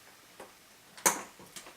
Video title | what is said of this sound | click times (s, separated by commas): M2U00008 | Donc ça va se clipser correctement. | 1.0 s